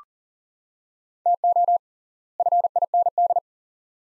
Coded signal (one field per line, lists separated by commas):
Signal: Morse code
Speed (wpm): 40 wpm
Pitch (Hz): 700 Hz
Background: none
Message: TO FIND